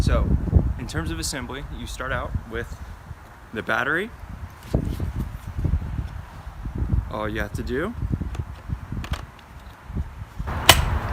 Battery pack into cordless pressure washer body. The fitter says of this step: slide it in until you hear it quick so that's part one